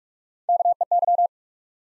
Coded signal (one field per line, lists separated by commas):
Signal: Morse code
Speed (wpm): 40 wpm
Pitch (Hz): 700 Hz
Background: none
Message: KEY